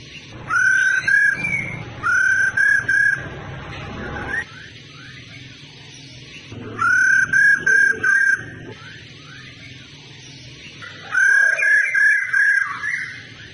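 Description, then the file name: Laughingthrush whistled calls: four phrases of a few clear, level notes, with faint rising chirps filling the gaps between them. Female laughingthrush sound (khướu mái rô) used to stimulate male birds to sing. "Tieng khuou mai ro kich trong hot"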